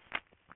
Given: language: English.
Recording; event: throat vibration sensor signal played as sound; swallow